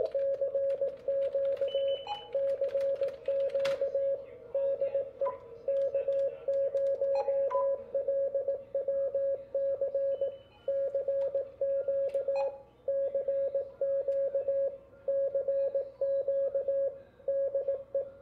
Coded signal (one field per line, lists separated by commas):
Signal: Morse code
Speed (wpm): 19 wpm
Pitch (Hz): 550 Hz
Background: radio noise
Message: CQ CQ DE K0LWC CQ CQ CQ DE